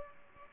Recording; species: mosquito wingbeat signal from an infrared sensor; Aedes aegypti